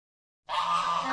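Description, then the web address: Goose giving a harsh, nasal honk that starts abruptly after a short silence and carries on to the end. Nature sounds. "zvuki prirody gusi kury"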